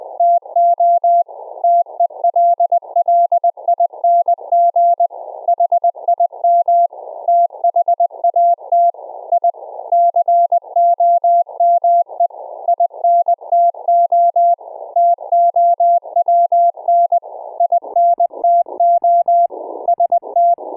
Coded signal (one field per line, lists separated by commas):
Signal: Morse code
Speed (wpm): 20 wpm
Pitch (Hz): 690 Hz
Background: none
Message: TO TELLING HIM THAT I COME INTO TOWN INTO ST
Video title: Secure Reliable Transport Protocol(SRT) for REMOTE RIG CW operations on a Raspberry Pi RIG interface